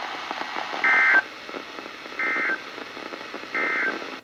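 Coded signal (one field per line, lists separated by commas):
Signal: Emergency Alert System (SAME) tones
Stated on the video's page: Alerts from Kentucky, Virginia and West Virginia weather radio transmitters on 162.425–162.550 MHz, received on many weather radios.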